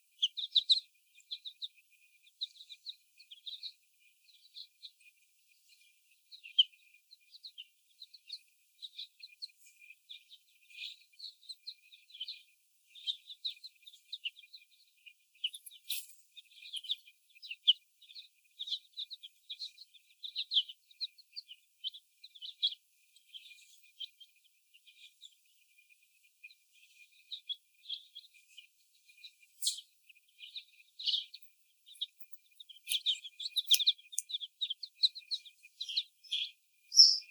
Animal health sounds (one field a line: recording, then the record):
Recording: young laying hens in a cage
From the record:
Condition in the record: before the stressor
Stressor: sudden umbrella opening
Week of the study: 1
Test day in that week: 1